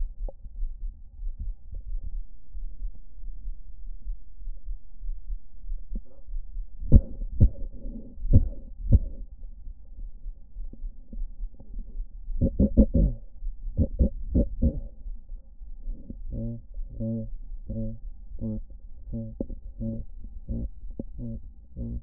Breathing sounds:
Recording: lung sounds by stethoscope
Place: left anterior apical chest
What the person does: quiet breathing, then cough and speech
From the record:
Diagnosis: none (healthy)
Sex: male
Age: 23 years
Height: 185 cm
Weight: 93 kg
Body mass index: 27.2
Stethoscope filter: diaphragm mode

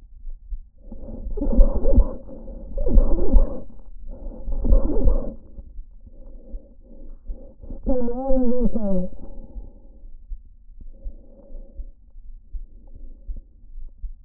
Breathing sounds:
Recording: lung sounds by stethoscope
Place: trachea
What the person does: quiet breathing, then cough and speech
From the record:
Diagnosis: interstitial lung disease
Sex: male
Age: 47 years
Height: 159 cm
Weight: 66.8 kg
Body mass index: 26.4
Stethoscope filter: diaphragm mode

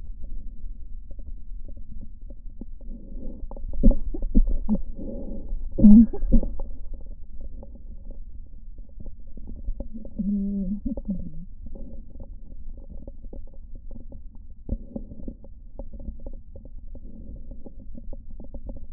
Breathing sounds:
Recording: lung sounds by stethoscope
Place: left posterior basal chest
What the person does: quiet breathing, then cough and speech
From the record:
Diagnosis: interstitial lung disease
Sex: female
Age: 53 years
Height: 168 cm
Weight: 108 kg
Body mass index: 38.3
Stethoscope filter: diaphragm mode

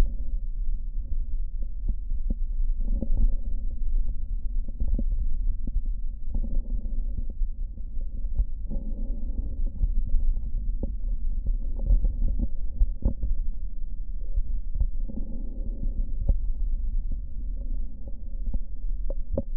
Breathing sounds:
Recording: lung sounds by stethoscope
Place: left posterior basal chest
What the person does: quiet breathing, then deep breathing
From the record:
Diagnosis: COPD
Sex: male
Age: 65 years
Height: 162 cm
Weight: 67.8 kg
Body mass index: 25.8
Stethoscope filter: diaphragm mode

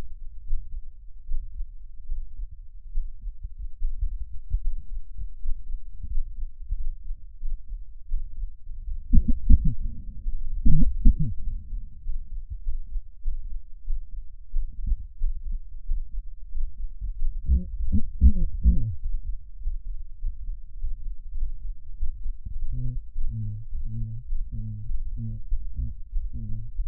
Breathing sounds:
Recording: lung sounds by stethoscope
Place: left anterior apical chest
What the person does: quiet breathing, then cough and speech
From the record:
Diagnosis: none (healthy)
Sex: male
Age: 30 years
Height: 190 cm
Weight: 88 kg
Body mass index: 24.4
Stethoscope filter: bell mode

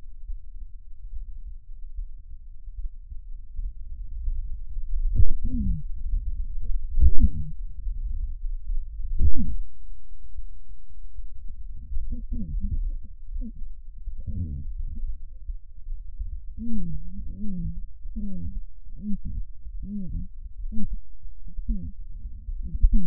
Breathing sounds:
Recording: lung sounds by stethoscope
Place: right anterior apical chest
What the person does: quiet breathing, then cough and speech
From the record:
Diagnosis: interstitial lung disease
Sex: female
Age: 72 years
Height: 153 cm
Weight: 71 kg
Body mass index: 30.3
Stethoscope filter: bell mode

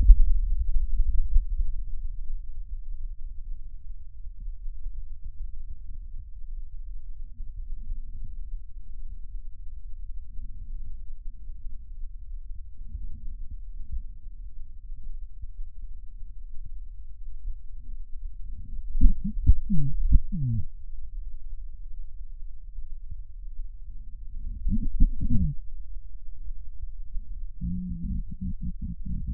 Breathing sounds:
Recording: lung sounds by stethoscope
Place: right posterior apical chest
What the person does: quiet breathing, then cough and speech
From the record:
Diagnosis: COPD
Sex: female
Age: 72 years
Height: 156 cm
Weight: 72 kg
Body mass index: 29.6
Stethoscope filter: bell mode

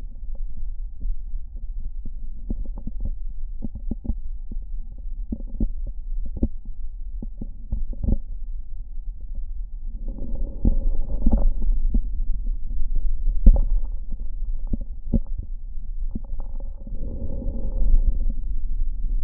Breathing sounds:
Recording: lung sounds by stethoscope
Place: left posterior basal chest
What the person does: quiet breathing, then deep breathing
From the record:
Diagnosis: interstitial lung disease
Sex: female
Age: 65 years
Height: 156 cm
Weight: 66.8 kg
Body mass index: 27.4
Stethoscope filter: diaphragm mode

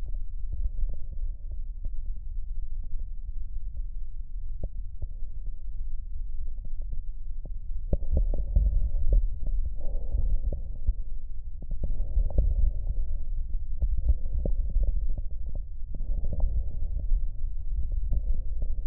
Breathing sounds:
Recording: lung sounds by stethoscope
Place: right posterior basal chest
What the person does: quiet breathing, then deep breathing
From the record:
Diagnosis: COPD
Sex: male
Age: 77 years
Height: 172 cm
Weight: 94 kg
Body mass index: 31.8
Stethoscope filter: extended mode

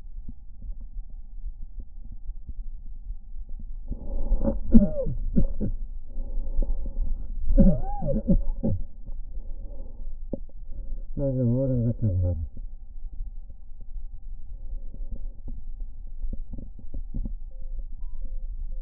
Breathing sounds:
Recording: lung sounds by stethoscope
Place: left anterior apical chest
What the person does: quiet breathing, then cough and speech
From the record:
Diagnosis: COPD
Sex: male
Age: 85 years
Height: 183 cm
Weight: 88 kg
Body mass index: 26.3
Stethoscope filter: diaphragm mode

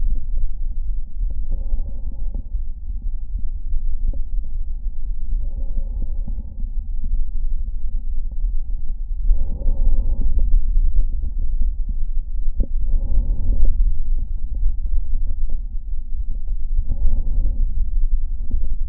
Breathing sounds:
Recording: lung sounds by stethoscope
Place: left anterior apical chest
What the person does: quiet breathing, then deep breathing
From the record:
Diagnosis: interstitial lung disease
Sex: female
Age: 60 years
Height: 152 cm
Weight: 55.9 kg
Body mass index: 24.2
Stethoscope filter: diaphragm mode

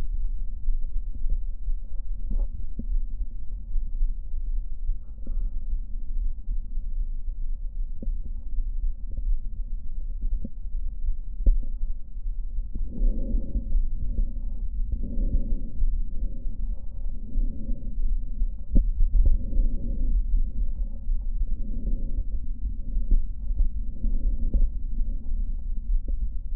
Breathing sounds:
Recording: lung sounds by stethoscope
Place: left posterior apical chest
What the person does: quiet breathing, then deep breathing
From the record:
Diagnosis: none (healthy)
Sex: male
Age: 29 years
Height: 180 cm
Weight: 100 kg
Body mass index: 30.9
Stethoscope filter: diaphragm mode

